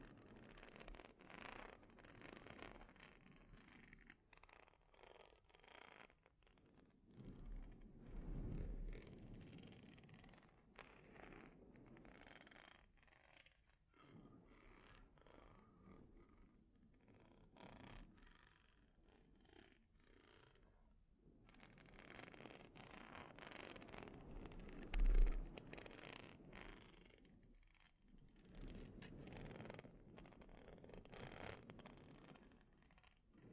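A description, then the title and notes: A scalp treatment brings dense, rough scratching and rubbing in uneven bursts, a brief lull near twenty-one seconds, and one sharp knock around twenty-five. ASMR Sleep Inducing Scalp Treatment (No Talking).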